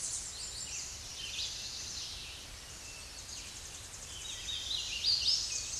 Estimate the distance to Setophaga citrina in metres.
about 55 m